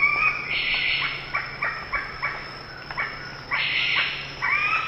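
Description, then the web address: Ivory-billed aracari calls: longer notes alternating with quick runs of short repeated notes, over a steady low hum. Eastern lowlands of South America. "Natures Songs S America Eastern Lowlands. Pteroglossus azara, calls"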